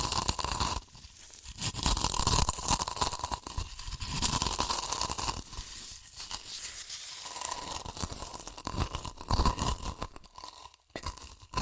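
Chips are crushed and crunched in dense, irregular bursts of crackling that run almost without pause. The sound is bright and crisp, with louder clusters around two, six and ten seconds and brief near-silent gaps between them, plus a faint steady hum underneath.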